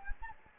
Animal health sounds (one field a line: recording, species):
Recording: mosquito wingbeat signal from an infrared sensor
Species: Anopheles gambiae